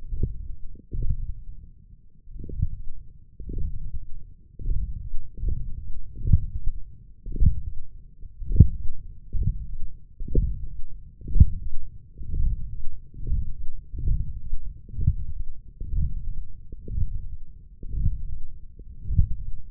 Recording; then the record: forearm muscle sounds (acoustic myography)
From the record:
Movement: radial deviation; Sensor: system 1, eight BSWA MPA416 microphones around the upper forearm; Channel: 1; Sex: male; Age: 21 years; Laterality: right